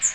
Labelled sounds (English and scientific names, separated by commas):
Magnolia Warbler (Setophaga magnolia) flight call